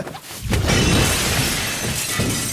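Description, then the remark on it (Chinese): A loud crash of breaking glass as a glass-doored wall cabinet full of hourglasses, struck by a spell's red light in a Harry Potter story, falls and splits on the floor, followed by a sustained, bright shower of shattering and tinkling shards for a couple of seconds without any voices. “红光擦着食死徒的肩膀掠过，击中了墙上的一个玻璃门吊柜，那里面摆着各种各样的沙漏，柜子掉在地上裂开了，玻璃迸溅的到处都是，随即柜子又弹回到墙上，变得完好如初，然后又落下来摔成碎片。”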